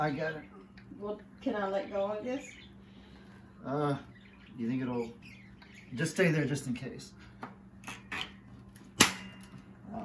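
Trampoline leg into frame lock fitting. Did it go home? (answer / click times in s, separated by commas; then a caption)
yes / 9.0 s. Someone talks while a trampoline leg is forced into its spring lock on the frame lock fitting. At 9.0 s there is a loud metallic snap as the leg seats, a fitting that is hard to do.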